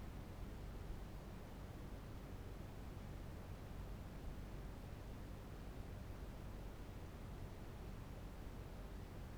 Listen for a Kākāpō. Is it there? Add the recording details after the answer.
no. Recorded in New Zealand. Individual Barnard